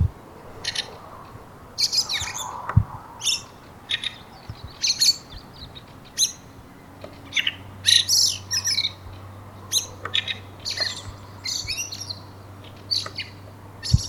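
Bird calls, scattered sharp chirps and harsh squawky notes in irregular bursts, over a steady low hum.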